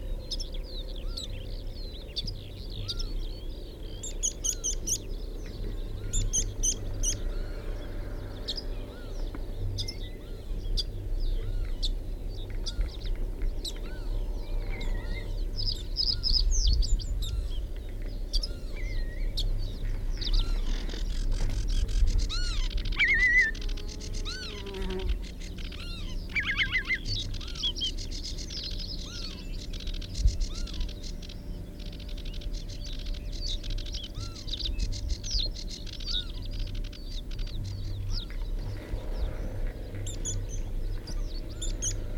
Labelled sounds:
Meadow Pipit (Anthus pratensis)

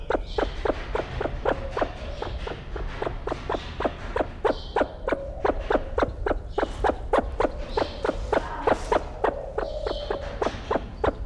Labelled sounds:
Sulawesi Myna (Basilornis celebensis) call

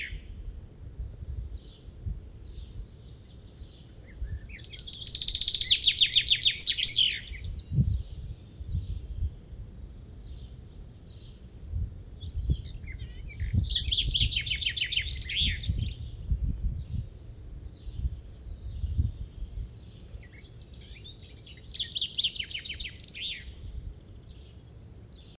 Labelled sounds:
Common Chaffinch (Fringilla coelebs) song

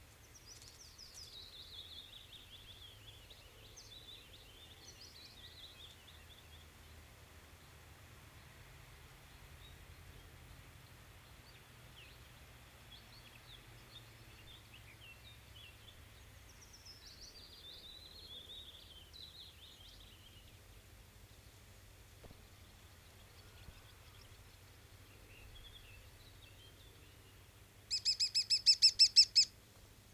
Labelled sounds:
Lesser Spotted Woodpecker (Dendrocopos minor) call

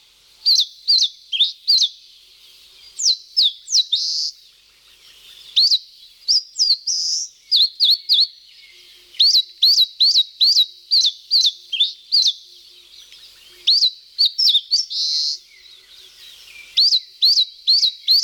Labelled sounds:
Eastern Crowned Warbler (Phylloscopus coronatus) song

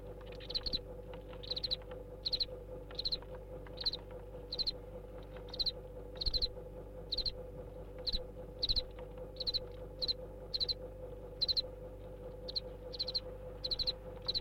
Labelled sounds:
House Cricket (Acheta domesticus)

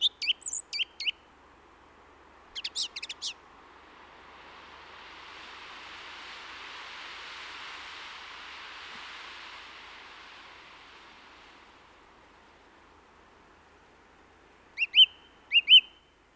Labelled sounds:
Song Thrush (Turdus philomelos) song

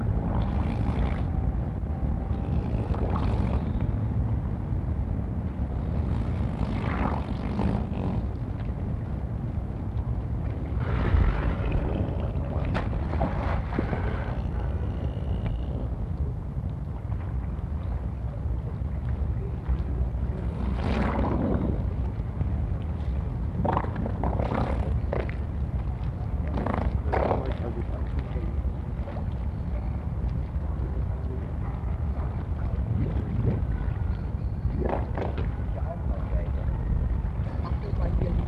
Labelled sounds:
Harbor Seal (Phoca vitulina)

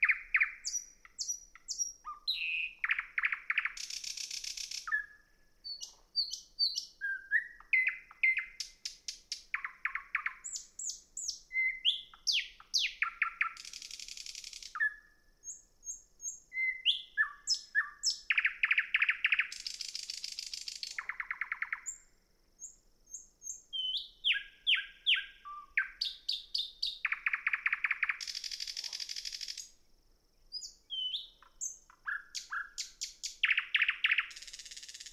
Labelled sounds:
Thrush Nightingale (Luscinia luscinia) song

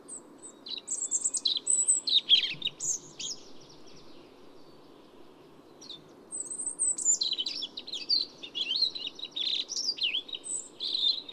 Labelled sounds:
European Robin (Erithacus rubecula) song

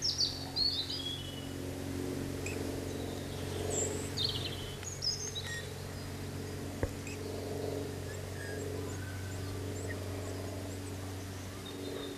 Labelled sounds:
Eurasian Bullfinch (Pyrrhula pyrrhula) song

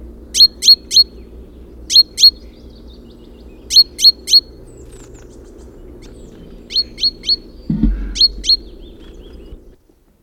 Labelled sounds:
Great Tit (Parus major) call

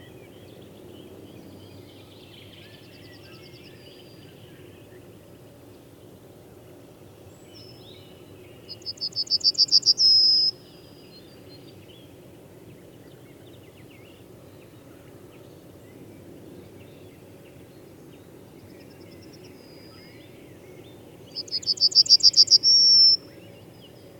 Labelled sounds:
Yellowhammer (Emberiza citrinella) song

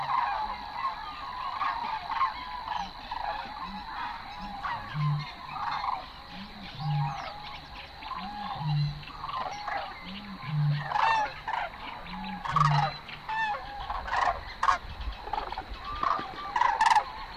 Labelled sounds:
Common Crane (Grus grus) call

